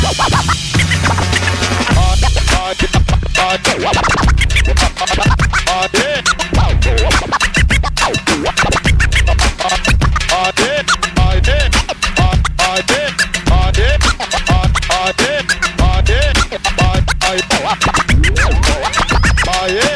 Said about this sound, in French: … au platine en mode scratch, c'est maintenant sur Fun Radio.